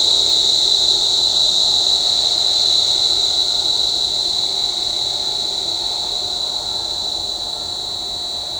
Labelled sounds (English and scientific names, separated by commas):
none